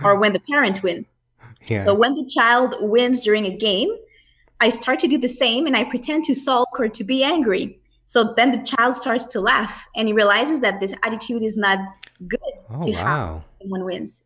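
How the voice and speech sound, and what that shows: An adult woman, a speech-language pathologist from Montreal, speaks English in a quiet room at a conversational pace, with short pauses between phrases and a few drawn-out words near the end. Her voice is clear and steady, with no blocks or repeated sounds. This is ordinary fluent speech.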